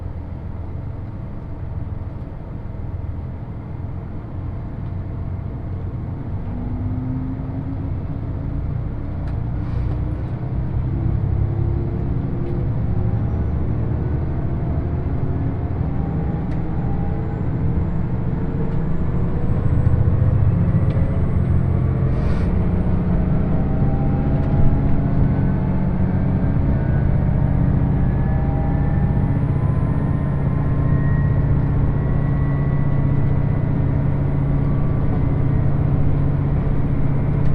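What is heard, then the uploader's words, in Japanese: Onboard the Yosan Line limited express Uwakai No. 5 running from Iyo-Ozu to Uwajima, a deep steady rumble fills the cabin while several engine tones climb slowly as the train gathers speed. The sound grows gradually louder, with brief clicks around ten and twenty-two seconds. 予讃線特急宇和海5号 伊予大洲→宇和島。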